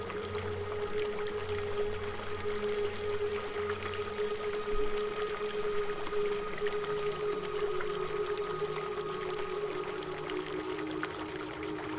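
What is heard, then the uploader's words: A steady, dense wash of rain and water noise runs throughout, with no clear breaks. Beneath it, sustained musical tones hold a middle pitch, while a low pulsing tone fades after about four seconds and the middle tone drops lower near the end. Waves, Rain, Piano.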